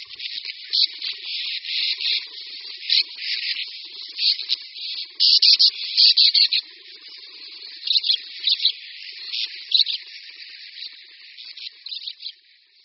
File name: Břehule-říční